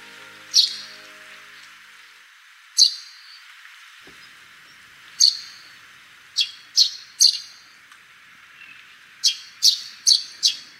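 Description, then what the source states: Eurasian tree sparrow giving sharp, bright chirps, singly and in quick clusters of three or four, about ten notes over the span with short pauses between. Recorded on Kamishima, Mie Prefecture, Japan.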